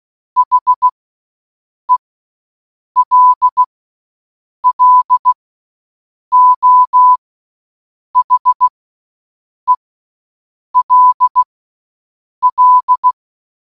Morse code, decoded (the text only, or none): HELLO HELL